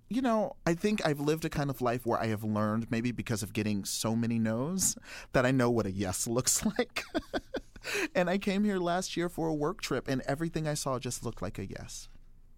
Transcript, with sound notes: You know, I think I've lived a kind of life where I have learned, maybe because of getting so many nos, that I know what a yes looks like (laughter). And I came here last year for a work trip, and everything I saw just looked like a yes.